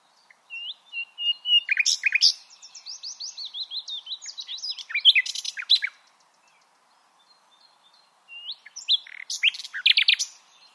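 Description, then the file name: Common nightingale delivering a long phrase of fast varied notes and trills, pausing about two seconds before another loud, rattling phrase. "Luscinia megarhynchos"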